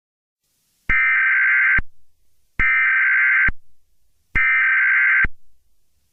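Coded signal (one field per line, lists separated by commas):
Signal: Emergency Alert System (SAME) tones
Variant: header bursts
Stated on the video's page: Fictional EAS scenario.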